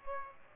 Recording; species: mosquito wingbeat signal from an infrared sensor; Aedes aegypti